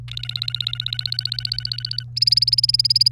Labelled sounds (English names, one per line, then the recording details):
Domestic Canary song
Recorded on 1 May 2018 at 10:09
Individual llb3